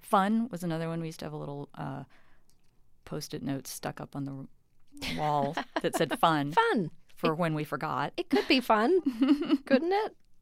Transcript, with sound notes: Fun was another one. We used to have a little Post-it note stuck up on the wall that said, fun...
Fun (laughter).
...For when we forgot.
It could be fun, couldn't